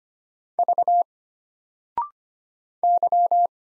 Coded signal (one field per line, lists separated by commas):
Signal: Morse code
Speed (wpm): 25 wpm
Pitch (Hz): 700 Hz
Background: none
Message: V Y